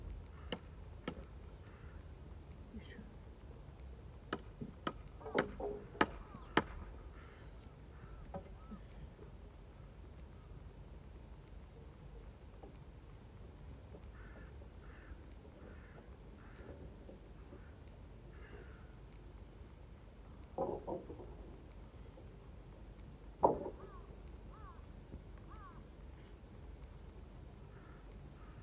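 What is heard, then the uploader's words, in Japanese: Rice harvesting with a binder and hanging the stalks on drying racks: a steady low rumble runs throughout, with a cluster of sharp clicks and knocks around five to seven seconds. Brief voice-like sounds and two louder knocks follow near twenty-one and twenty-three seconds, over a thin constant high whine. 機械音あり バインダーで稲刈り、ハザ掛け。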